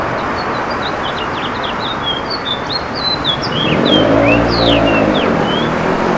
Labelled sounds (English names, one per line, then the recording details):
House Finch song
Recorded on Long Island, New York, on 21 June 2011
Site IT
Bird B